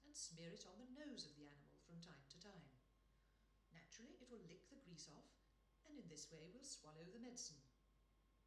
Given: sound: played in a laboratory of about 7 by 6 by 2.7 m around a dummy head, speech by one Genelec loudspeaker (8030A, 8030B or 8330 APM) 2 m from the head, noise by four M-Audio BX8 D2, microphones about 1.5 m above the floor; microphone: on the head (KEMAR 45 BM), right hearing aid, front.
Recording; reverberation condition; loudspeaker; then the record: female speech in English; medium; 30 degrees to the right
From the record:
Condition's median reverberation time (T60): about 510 ms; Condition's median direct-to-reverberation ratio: about -0.5 dB